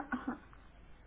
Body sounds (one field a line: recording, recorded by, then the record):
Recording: voluntary cough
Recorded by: telephone call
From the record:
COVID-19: negative